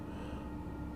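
A pick presses on pin 3, a stiff, hard-to-move metal pin, in the core of an OXLOC O5 SKG2 eurocylinder lock while the lock sits in a false set. Only a steady low hum and faint background noise are heard, with no sharp transients. The pin has not yet set, and nothing has seated or clicked yet.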